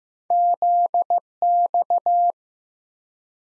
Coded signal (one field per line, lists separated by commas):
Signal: Morse code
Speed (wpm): 16 wpm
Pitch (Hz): 700 Hz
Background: none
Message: ZX